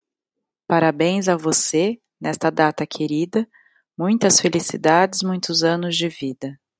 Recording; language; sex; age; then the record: short text; Brazilian Portuguese; female; 40 to 49 years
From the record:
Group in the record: control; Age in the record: 45 years